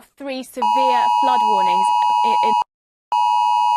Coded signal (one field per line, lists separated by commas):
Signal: Emergency Alert System (SAME) tones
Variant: 853 and 960 Hz attention tone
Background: speech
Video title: EMERGENCY ALERT SYSTEM